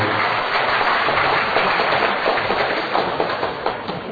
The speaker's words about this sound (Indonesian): Tepuk tangan.